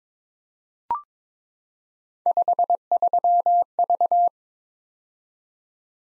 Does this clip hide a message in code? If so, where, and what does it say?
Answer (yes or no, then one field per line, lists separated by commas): yes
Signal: Morse code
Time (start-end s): 2.3-4.3 s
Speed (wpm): 21 wpm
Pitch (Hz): 700 Hz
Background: none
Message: 53V